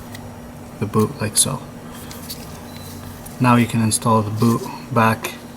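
Someone talks while handling the rubber ignition coil boot, with dielectric grease inside, that goes down onto the top of the spark plug terminal on a 2011 Ford Fiesta, over a steady low hum. Nothing has seated or clicked yet; the clip ends before the boot is pushed home.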